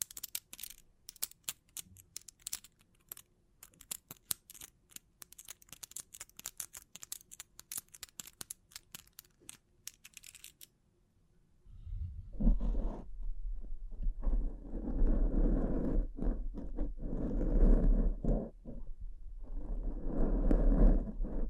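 Bling bling triggers: for the first ten seconds, rapid, dense little clicks and taps sparkle brightly, like fingers tapping jewelry. Around twelve seconds it turns to louder, heavier rustling and scraping with a low rumble, continuing in uneven bursts to the end.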